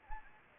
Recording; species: mosquito wingbeat signal from an infrared sensor; Anopheles gambiae